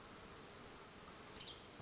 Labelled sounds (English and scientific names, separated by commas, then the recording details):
Western Tanager (Piranga ludoviciana)
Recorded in Sonoma County, California